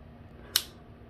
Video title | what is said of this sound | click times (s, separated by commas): TOP 5 Leatherman Multitools!! | all of the tools lock into place and can be unlocked by pressing this here | 0.6 s